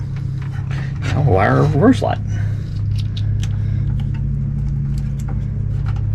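A crimped wire terminal is handled near the wire slot of a plastic lamp connector while wiring the headlights and taillights on a 1968 Barracuda, and nothing has seated or clicked yet. Someone talks briefly near the start over a steady low hum, followed by a few faint, sharp ticks around 3.0 to 3.4 seconds and later.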